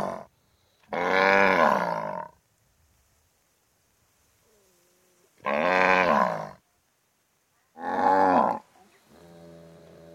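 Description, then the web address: Cow giving loud, resonant moos: the end of one moo, then three long bellows a few seconds apart, followed by a quieter low sound. "the sound pack tree. cow moos"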